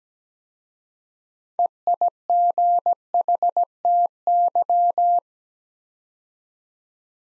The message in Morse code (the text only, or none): EIGHTY